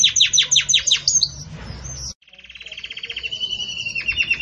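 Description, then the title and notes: Belgian canary song with rapid repeated downslurred notes, a short pause with a click, then a soft trill building steadily louder. Pure "campainha" (bell) song style with pauses, for training. "Canto Canário Belga Campainha Puro Com Pausa Para Treinamento. CANARIO BELGA"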